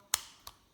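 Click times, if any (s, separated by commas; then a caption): 0.1 s, 0.5 s. The plastic case half of a Peugeot 208/308/3008 key fob is pressed back onto the remote key body after its coin cell battery is changed. Two sharp snaps are heard: a loud one at 0.1 s and a quieter one at 0.5 s. The case is seated and snapped shut.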